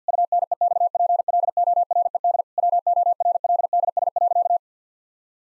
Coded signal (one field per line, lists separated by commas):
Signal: Morse code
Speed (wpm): 49 wpm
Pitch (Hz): 700 Hz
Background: none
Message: UNEXPLORED WORLDS.